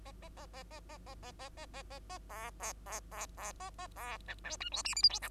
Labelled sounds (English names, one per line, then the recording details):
Bengalese Finch song
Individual Bird2